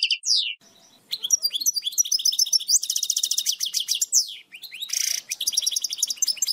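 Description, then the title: European goldfinch song, a fast jumble of liquid twitters, trills and buzzy notes, delivered in one long continuous run with a short pause near the start. "Chant Chardonneret"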